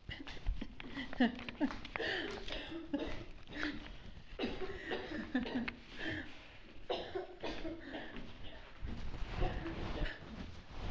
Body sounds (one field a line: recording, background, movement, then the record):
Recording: laughter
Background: a bystander coughing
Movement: walking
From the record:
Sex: female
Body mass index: 25.5 kg/m2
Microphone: on the chest, facing the body